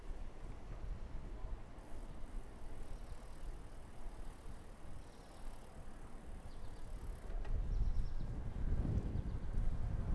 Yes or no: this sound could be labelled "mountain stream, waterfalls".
no